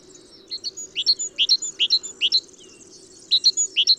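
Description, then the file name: Great tit, bright high double notes repeated quickly in two series separated by a brief pause. "Parus major"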